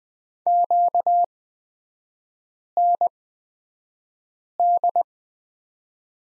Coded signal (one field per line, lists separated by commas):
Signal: Morse code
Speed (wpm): 20 wpm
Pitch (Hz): 700 Hz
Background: none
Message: QND